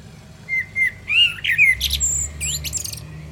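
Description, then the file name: Common blackbird song: a level fluted whistle, a few wavering warbles, then a jumble of high, tinny twitter notes. "Turdus merula"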